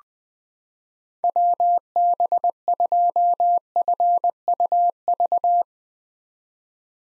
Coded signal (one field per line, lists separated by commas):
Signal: Morse code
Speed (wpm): 20 wpm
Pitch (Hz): 700 Hz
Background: none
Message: WB2FUV